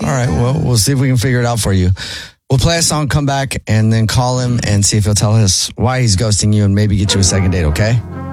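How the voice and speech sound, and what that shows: Adult male radio show host speaking in a normal, relaxed conversational voice, low-pitched with steady phrasing and brief pauses.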